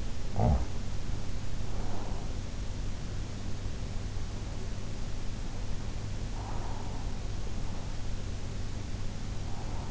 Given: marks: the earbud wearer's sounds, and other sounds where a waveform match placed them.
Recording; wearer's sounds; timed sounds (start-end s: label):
sounds in sleep by an in-ear microphone; snoring breath
0.00-1.20 s: snoring breath